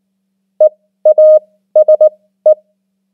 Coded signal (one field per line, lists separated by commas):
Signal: Morse code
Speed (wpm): 19 wpm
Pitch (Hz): 620 Hz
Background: none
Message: EASE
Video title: 500 most common English words in Morse Code @18wpm